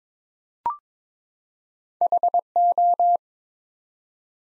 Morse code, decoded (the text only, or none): HO